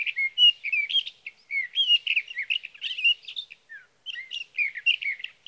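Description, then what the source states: Sage thrasher pouring out a long rambling warble of quick varied phrases with tiny breaks, then a short pause before it resumes. Male singing through the night near his night roost, evening June 12 to morning June 15, 2018, Sierra Valley, California; recorded with a Swift recorder.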